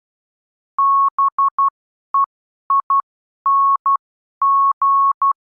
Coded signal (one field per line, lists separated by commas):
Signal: Morse code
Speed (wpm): 12 wpm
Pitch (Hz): 1100 Hz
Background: none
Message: BEING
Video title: Improve Your Morse Code: The Next Stage - Subconscious Familiarisation